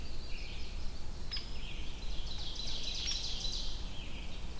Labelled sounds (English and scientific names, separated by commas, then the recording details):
Ovenbird (Seiurus aurocapilla) song
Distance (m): 60 m
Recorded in boreal forest in Alberta, Canada, on 22 June 2016 at 06:24
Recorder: SongMeter 3, array SBT-6-76
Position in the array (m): 271 m, 68 m
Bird 1